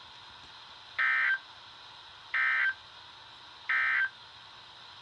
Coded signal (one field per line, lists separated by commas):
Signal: Emergency Alert System (SAME) tones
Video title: EAS #184 & 185 (Double Header)